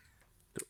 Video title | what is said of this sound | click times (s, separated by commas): Different types of electrical tools and their uses - Electricians basics | यहां पर भी एक बटन है इसे हम जैसे ही नीचे करते हैं तो यह लॉक हो जाएगा | 0.6 s